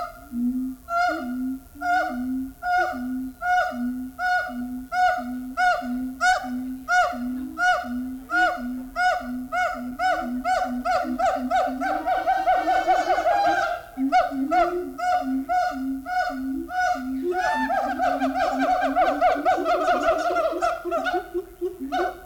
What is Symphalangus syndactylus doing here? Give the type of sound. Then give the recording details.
call. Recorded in captivity. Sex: diverse. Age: adult. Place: Zoo Berlin, Berlin, DE. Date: 1994-04-06 10:10. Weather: wolkig bis heiter, 20-27°C. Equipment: Marantz CP 430, Sennheiser ME 80, Kopie Uher Variocord 263. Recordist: Tembrock, Günter